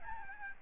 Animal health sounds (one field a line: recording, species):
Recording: mosquito wingbeat signal from an infrared sensor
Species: Aedes albopictus